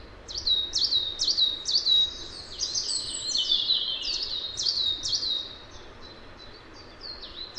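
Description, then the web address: Coal tit with a rapid series of high, sharp downslurred notes, dense and overlapping midway, thinning out toward the end. Recorded at Valsolda. "cibra valsolda. Cincia mora"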